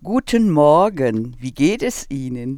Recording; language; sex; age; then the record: spoken sentence; German; female; 60 to 69 years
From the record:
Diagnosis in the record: dysodia (singing voice disorder), hyperfunctional dysphonia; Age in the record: 65 years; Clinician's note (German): Beginnende Altersstimme, hyperfunktionelle Kompensation